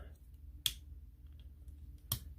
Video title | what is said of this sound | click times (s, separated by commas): TRANSFORMERS AMAZON EXCLUSIVE COMBINER WARS BLASTOFF | bring this down and bring it in until it snaps into place | 0.7 s, 2.1 s